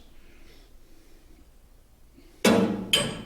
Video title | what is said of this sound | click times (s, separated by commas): Conveyor Installation and Service Training Video #2 | allow it to snap into place. | 2.9 s